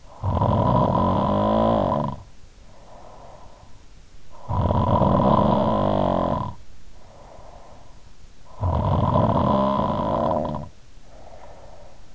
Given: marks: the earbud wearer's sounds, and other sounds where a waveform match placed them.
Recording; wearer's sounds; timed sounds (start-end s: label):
sounds in sleep by an in-ear microphone; snoring breath
0.00-3.92 s: snoring breath
4.45-7.92 s: snoring breath
8.37-12.14 s: snoring breath